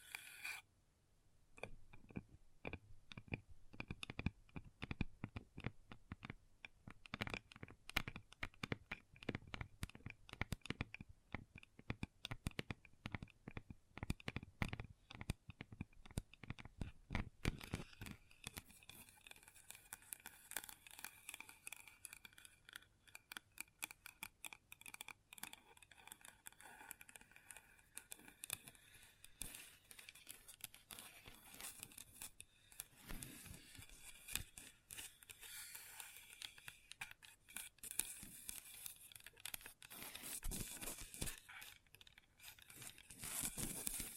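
Long nails tap on a table in quick, dense clicks, then after about seventeen seconds switch to brighter, rasping scratches that continue unevenly.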